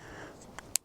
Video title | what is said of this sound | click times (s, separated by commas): Everything You Need to Know About the DJI Osmo Action 5 Pro Action Camera | this has a waterproof Port so when you plug it in snaps in place | 0.6 s, 0.8 s